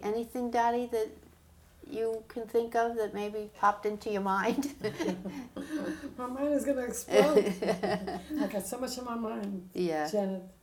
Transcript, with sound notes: Anything, Dottie, that you can think of that maybe popped into your mind?
[Laughs] My mind is going to explode. I got so much on mind, Janet.